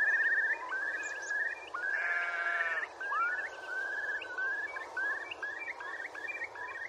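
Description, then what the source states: Curlew bubbling song: a run of bubbling notes, a brief harsher phrase, then upward-sliding whistles and more bubbling notes. Described as a disappearing sound.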